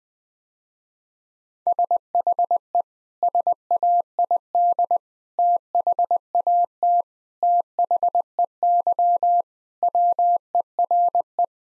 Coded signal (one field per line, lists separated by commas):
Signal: Morse code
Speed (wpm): 20 wpm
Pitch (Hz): 700 Hz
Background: none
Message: SHE SAID THAT THEY WERE